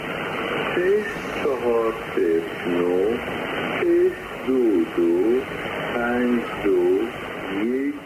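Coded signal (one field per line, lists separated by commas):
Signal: numbers station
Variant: Farsi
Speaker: That's Farsy. >> These are vars Farsy number stations. They're called numbers stations.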